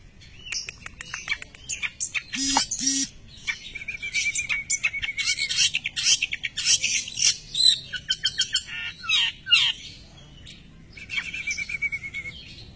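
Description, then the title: Long-tailed shrike singing a varied medley of scratchy chatter, rasping notes and sustained thin whistles, with a brief low double note near the start. Champion songbird. "Kicau Burung Cendet Juara"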